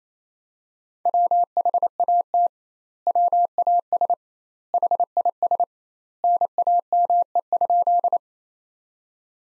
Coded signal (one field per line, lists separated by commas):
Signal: Morse code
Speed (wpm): 27 wpm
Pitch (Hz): 700 Hz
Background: none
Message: WHAT WAS HIS NAME?